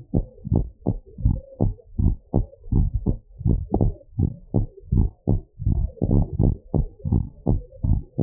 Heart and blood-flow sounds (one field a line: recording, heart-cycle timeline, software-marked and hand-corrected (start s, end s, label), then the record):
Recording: heart sounds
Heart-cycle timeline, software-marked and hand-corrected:
0.00	0.16	systole
0.16	0.26	S2
0.26	0.52	diastole
0.52	0.66	S1
0.66	0.88	systole
0.88	0.98	S2
0.98	1.24	diastole
1.24	1.38	S1
1.38	1.62	systole
1.62	1.72	S2
1.72	2.00	diastole
2.00	2.14	S1
2.14	2.36	systole
2.36	2.46	S2
2.46	2.72	diastole
2.72	2.86	S1
2.86	3.08	systole
3.08	3.18	S2
3.18	3.46	diastole
3.46	3.62	S1
3.62	3.82	systole
3.82	3.94	S2
3.94	4.20	diastole
4.20	4.32	S1
4.32	4.56	systole
4.56	4.66	S2
4.66	4.92	diastole
4.92	5.06	S1
5.06	5.28	systole
5.28	5.40	S2
5.40	5.66	diastole
5.66	5.82	S1
5.82	6.08	systole
6.08	6.22	S2
6.22	6.44	diastole
6.44	6.56	S1
6.56	6.76	systole
6.76	6.86	S2
6.86	7.10	diastole
7.10	7.22	S1
7.22	7.48	systole
7.48	7.60	S2
7.60	7.88	diastole
7.88	8.00	S1
8.00	8.23	systole
From the record:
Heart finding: normal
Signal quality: good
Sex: female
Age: 59 years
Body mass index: 31.4